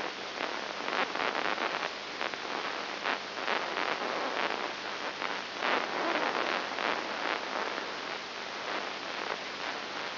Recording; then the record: brain microelectrode recording played as sound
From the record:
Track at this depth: inside the subthalamic nucleus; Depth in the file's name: 3.902 mm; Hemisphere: left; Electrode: 3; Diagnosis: Parkinson's disease